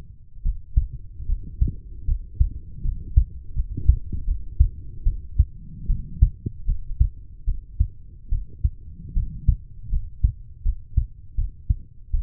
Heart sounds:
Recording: heart sounds by stethoscope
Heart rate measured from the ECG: 77 bpm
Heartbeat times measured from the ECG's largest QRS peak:
0.43 s: heartbeat
1.26 s: heartbeat
2.05 s: heartbeat
2.82 s: heartbeat
3.54 s: heartbeat
4.25 s: heartbeat
5.04 s: heartbeat
5.87 s: heartbeat
6.66 s: heartbeat
7.45 s: heartbeat
8.29 s: heartbeat
9.14 s: heartbeat
9.90 s: heartbeat
10.63 s: heartbeat
11.36 s: heartbeat
12.11 s: heartbeat
From the record:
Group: healthy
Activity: rest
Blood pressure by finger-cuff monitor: 105/66 mmHg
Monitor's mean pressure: 77 mmHg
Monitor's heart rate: 76 bpm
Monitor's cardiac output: 6.2 L/min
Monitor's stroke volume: 83 mL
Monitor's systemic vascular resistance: 940 dyn s/cm5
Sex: female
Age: 23 years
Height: 160 cm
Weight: 50.4 kg

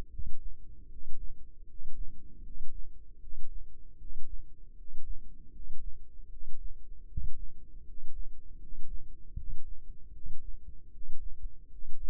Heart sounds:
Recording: heart sounds by microphone in the left ear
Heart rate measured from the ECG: 78 bpm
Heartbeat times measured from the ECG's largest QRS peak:
0.08 s: heartbeat
0.87 s: heartbeat
1.64 s: heartbeat
2.41 s: heartbeat
3.18 s: heartbeat
3.96 s: heartbeat
4.73 s: heartbeat
5.50 s: heartbeat
6.27 s: heartbeat
7.05 s: heartbeat
7.82 s: heartbeat
8.57 s: heartbeat
9.34 s: heartbeat
10.10 s: heartbeat
10.89 s: heartbeat
11.67 s: heartbeat
From the record:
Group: healthy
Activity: rest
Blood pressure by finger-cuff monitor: 112/77 mmHg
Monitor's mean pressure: 84 mmHg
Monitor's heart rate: 78 bpm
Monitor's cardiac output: 6.1 L/min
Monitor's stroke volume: 78 mL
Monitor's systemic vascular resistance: 1000 dyn s/cm5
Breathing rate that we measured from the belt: 18 breaths a minute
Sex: male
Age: 35 years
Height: 180 cm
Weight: 86.9 kg

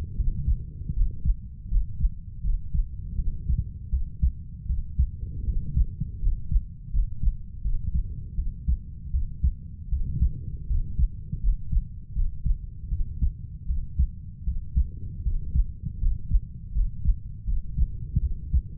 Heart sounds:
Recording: heart sounds by stethoscope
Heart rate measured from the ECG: 80 bpm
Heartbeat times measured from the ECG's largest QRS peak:
0.15 s: heartbeat
0.93 s: heartbeat
1.68 s: heartbeat
2.42 s: heartbeat
3.16 s: heartbeat
3.90 s: heartbeat
4.66 s: heartbeat
5.44 s: heartbeat
6.20 s: heartbeat
6.91 s: heartbeat
7.62 s: heartbeat
8.35 s: heartbeat
9.11 s: heartbeat
9.89 s: heartbeat
10.67 s: heartbeat
11.41 s: heartbeat
12.13 s: heartbeat
12.89 s: heartbeat
13.66 s: heartbeat
14.44 s: heartbeat
15.23 s: heartbeat
15.99 s: heartbeat
16.72 s: heartbeat
17.45 s: heartbeat
18.19 s: heartbeat
From the record:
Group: healthy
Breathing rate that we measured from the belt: 12 breaths a minute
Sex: female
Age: 32 years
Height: 168 cm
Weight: 61.9 kg

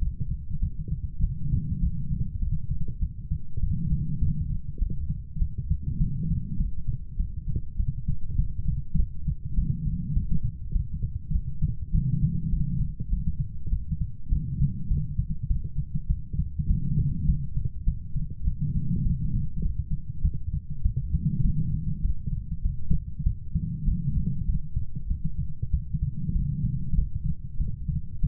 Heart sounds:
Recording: heart sounds by stethoscope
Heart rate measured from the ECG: 100 bpm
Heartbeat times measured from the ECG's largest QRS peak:
0.59 s: heartbeat
1.20 s: heartbeat
1.80 s: heartbeat
2.39 s: heartbeat
2.99 s: heartbeat
3.60 s: heartbeat
4.19 s: heartbeat
4.79 s: heartbeat
5.38 s: heartbeat
5.98 s: heartbeat
6.57 s: heartbeat
7.17 s: heartbeat
7.76 s: heartbeat
8.36 s: heartbeat
8.96 s: heartbeat
9.55 s: heartbeat
10.13 s: heartbeat
10.72 s: heartbeat
11.32 s: heartbeat
11.91 s: heartbeat
12.50 s: heartbeat
13.09 s: heartbeat
13.70 s: heartbeat
14.29 s: heartbeat
14.88 s: heartbeat
15.47 s: heartbeat
16.07 s: heartbeat
16.67 s: heartbeat
17.26 s: heartbeat
17.85 s: heartbeat
18.44 s: heartbeat
19.03 s: heartbeat
19.62 s: heartbeat
20.22 s: heartbeat
20.82 s: heartbeat
21.42 s: heartbeat
22.02 s: heartbeat
22.62 s: heartbeat
23.23 s: heartbeat
23.85 s: heartbeat
24.46 s: heartbeat
25.07 s: heartbeat
25.70 s: heartbeat
26.33 s: heartbeat
26.95 s: heartbeat
27.57 s: heartbeat
28.20 s: heartbeat
From the record:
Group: healthy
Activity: light exercise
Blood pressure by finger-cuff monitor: 114/79 mmHg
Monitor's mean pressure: 90 mmHg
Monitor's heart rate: 100 bpm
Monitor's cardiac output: 7 L/min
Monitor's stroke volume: 70 mL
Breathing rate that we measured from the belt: 26 breaths a minute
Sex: female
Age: 32 years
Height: 172 cm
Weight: 71.7 kg

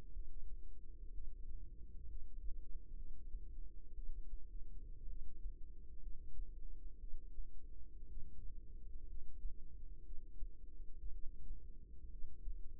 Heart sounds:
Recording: heart sounds by microphone in the right ear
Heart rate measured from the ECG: 60 bpm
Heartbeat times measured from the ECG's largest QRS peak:
0.11 s: heartbeat
1.11 s: heartbeat
2.06 s: heartbeat
2.94 s: heartbeat
3.93 s: heartbeat
5.06 s: heartbeat
5.99 s: heartbeat
6.98 s: heartbeat
8.06 s: heartbeat
9.05 s: heartbeat
10.02 s: heartbeat
11.10 s: heartbeat
12.07 s: heartbeat
From the record:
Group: healthy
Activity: rest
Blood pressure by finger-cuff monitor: 102/68 mmHg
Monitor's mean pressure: 78 mmHg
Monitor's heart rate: 61 bpm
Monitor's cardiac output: 4.4 L/min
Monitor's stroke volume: 74 mL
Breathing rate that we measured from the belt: 18 breaths a minute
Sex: female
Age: 36 years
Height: 163 cm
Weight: 88 kg

